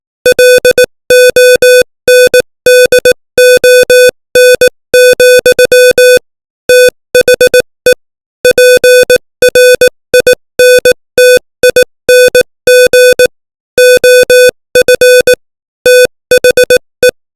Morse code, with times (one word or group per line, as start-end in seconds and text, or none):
0.3-6.2 LONDON,
6.7-7.9 THE
8.4-13.3 PRINTING
13.8-15.3 OF
15.9-17.1 THE